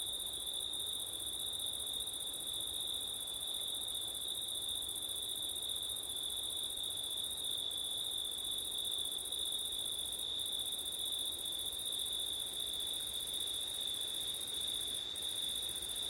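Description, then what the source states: Steady chorus of crickets, high continuous trill with a higher shimmering band that breaks off briefly four times; faint low wind noise. Crickets on a September night, with wind; ortif (ORTF) microphone setup.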